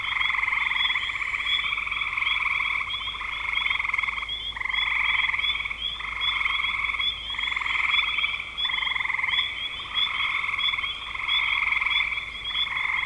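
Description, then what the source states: A frog chorus of rasping trilled calls in short repeated bursts, set against a steady shrill background tone. Recorded in spring 2025.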